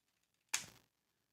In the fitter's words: and it locks in place.